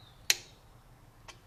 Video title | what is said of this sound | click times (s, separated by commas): oyota Rav4 2008 Changing Spark Plugs 2.4L 2AZ-FE Engine Bosch Platinum Ir Fusion 9603 | 21. Hear it click. 21 | 0.3 s